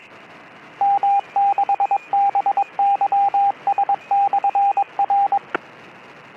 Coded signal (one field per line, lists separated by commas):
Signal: Morse code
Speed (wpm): 22 wpm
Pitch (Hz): 800 Hz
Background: radio noise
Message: M6BYS/R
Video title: Let's Listen to 2m traffic! 26th of May 2026